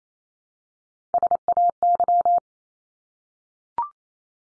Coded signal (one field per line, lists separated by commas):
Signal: Morse code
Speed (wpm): 28 wpm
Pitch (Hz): 700 Hz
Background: none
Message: SAY